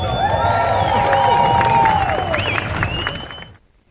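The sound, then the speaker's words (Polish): A festival crowd in Edinburgh cheers and applauds in a steady, dense roar, with sustained high-pitched tones weaving above the clapping before the noise cuts off abruptly near the end. “Pełno tłumów w tym Edynburgu.”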